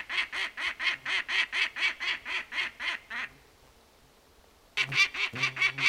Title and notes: Muuttohaukan huuto kaikuu upeassa maisemassa. Inarilainen haukkaemo paheksui pesätarkastajan vierailua kuuluvasti